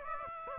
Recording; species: mosquito wingbeat signal from an infrared sensor; Aedes aegypti